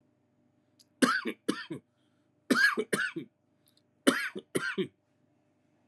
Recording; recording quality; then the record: shallow voluntary cough; excellent, no background noise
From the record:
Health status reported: COVID-19 positive, mild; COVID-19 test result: positive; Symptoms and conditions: breathing difficulty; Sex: male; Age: 47 years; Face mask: worn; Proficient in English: yes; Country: India